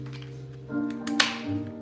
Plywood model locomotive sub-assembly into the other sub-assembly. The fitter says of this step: Nice satisfying click.